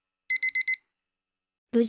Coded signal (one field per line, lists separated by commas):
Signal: none